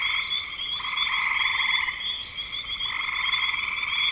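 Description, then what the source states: Chorus of frogs giving steady, rapidly pulsed trills that overlap almost without a break, with some higher chirps mixed in. Frogs recorded in spring 2025.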